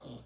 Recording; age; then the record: pig call; piglet (1 to 25 days)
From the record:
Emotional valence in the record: negative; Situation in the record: restrain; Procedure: sham castration, cut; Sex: male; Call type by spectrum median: low-frequency call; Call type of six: low-frequency tonal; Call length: 0.27 s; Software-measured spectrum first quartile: 285 Hz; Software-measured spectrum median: 1208 Hz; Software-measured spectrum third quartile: 5699 Hz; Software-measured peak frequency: 244 Hz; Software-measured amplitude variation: 92 dB a second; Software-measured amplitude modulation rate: 13.1 a second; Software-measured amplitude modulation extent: 7.0 dB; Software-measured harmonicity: 2.5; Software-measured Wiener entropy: -2.64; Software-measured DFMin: 1482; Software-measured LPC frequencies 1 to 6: 427, 3462, 4762, 5591, 6669, 7554 Hz